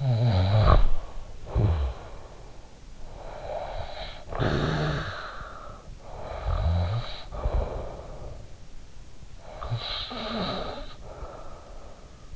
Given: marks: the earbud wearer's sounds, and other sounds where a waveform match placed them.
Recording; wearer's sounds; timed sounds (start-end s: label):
sounds in sleep by an in-ear microphone; snoring breath
0.00-2.70 s: snoring breath
3.00-5.92 s: snoring breath
6.14-8.66 s: snoring breath
9.45-12.36 s: snoring breath